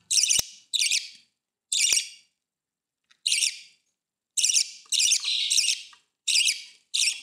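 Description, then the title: Budgerigar squawks in loud harsh bursts with uneven gaps, plus a few sharp clicks. "Budgie Sounds"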